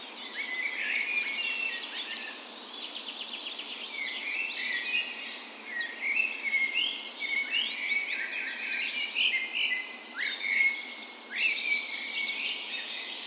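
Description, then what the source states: Dawn chorus of many birds, steady layered warbling and chirping, with clear rising whistled notes and rapid trills woven through. Dawn chorus on the morning of 17 May, Norway's National Day, spring, in a park west in Bergen, Norway; recorded with a Sony PCM A10 and LOM micro Usi mics used as tree ears.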